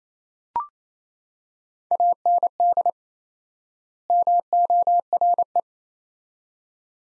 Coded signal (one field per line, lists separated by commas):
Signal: Morse code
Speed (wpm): 28 wpm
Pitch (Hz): 700 Hz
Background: none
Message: AND MORE